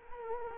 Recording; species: mosquito wingbeat signal from an infrared sensor; Culex quinquefasciatus